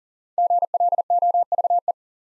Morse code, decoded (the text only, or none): GLOVE